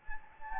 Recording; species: mosquito wingbeat signal from an infrared sensor; Anopheles gambiae